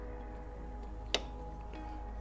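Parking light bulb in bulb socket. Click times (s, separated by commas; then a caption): 1.1 s. A new parking light bulb for a 2014 GMC Sierra is pushed into its bulb socket, the same way the old one came out. Over steady background music, a single sharp snap is heard at 1.1 seconds as the bulb seats in the socket.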